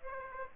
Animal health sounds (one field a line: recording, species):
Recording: mosquito wingbeat signal from an infrared sensor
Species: Aedes aegypti